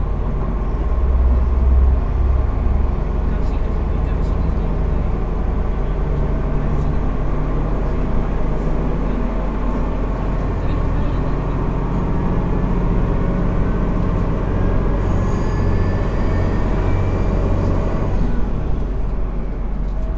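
A diesel railcar runs steadily along the line, its deep engine drone and rumbling wheels filling the cabin at a constant level. Low tones waver slightly as the engine works. Near the end, a thin high squeal rises briefly over the noise.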